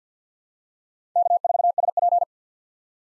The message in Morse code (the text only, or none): K4SP